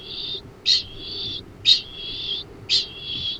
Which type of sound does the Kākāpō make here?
ching call